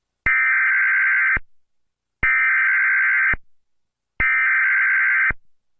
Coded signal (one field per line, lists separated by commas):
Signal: Emergency Alert System (SAME) tones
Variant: header bursts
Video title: Washington DC EAs alarm